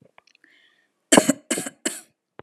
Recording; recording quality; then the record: shallow voluntary cough; moderate, slight background noise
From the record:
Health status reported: healthy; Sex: female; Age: 19 years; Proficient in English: yes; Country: India